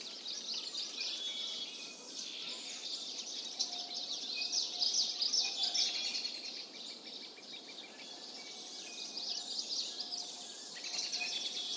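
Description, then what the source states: Birds twittering in a constant high-pitched chorus, with occasional steady lower whistles and short sharp chirps running through it. Birds calling in a mountain forest.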